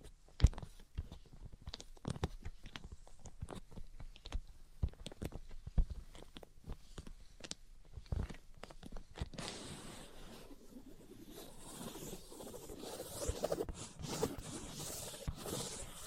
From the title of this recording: Tapping, Scratching, and Tracing Sounds